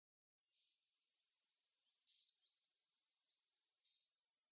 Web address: Schulze Peter Dunnock calls